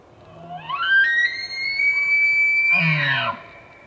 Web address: sound Elk. صدای-واپیتی